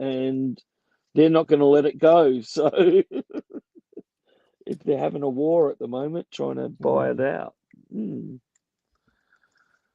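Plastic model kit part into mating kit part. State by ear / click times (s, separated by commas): not seated / none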